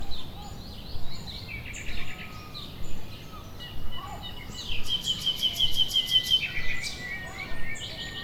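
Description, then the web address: Gull calls, scattered squeals then a fast run of notes midway, against a low constant rumble. Nature ambience with seagulls. "GDC 2017-Game Audio Bundle West Wolf - Nature Sounds. Nature ambience with seaguls"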